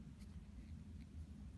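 The folding clasp of a rubber dive-watch strap on an Oris Carlos Coste Cenote Limited Edition Chronograph is handled as it is about to be folded over to lock with the tail tucked inside. A steady low rumble fills the clip, with faint brief high-pitched ticks around 0.2 and 1.0 seconds. Nothing has seated or clicked yet.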